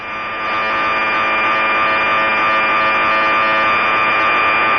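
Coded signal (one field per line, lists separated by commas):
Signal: computer data on cassette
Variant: BASICODE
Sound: continuous harsh warbling data screech with steady high tones, no breaks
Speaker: now if you've been listening to radio late at night you might have heard [Applause] this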